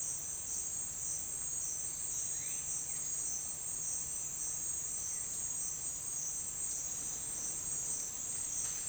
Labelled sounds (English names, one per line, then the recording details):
none
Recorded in dense forest near Puerto Asís, Putumayo, Colombia, on 23 June 2025 at 08:30
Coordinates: 0.468, -76.322
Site GP03